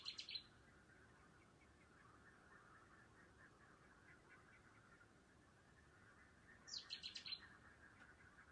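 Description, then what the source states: Bird calls in two short bursts of high, rapid chirping notes, one at the start and one near the end, over a steady faint hum. Bird calling at night.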